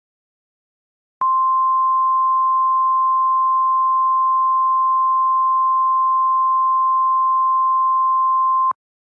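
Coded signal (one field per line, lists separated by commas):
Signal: Emergency Alert System (SAME) tones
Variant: 1050 Hz attention tone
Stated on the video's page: Fictional EAS scenario recreating a zombie epidemic broadcast from a television show.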